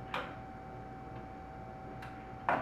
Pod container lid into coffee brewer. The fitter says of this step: And when you hear that click, you are almost there.